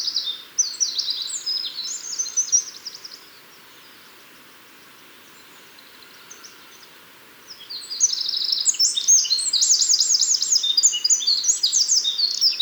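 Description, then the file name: Eurasian wren delivering two bursts of rapid, high, trilling song separated by a quiet pause of several seconds. "Troglodytes troglodytes"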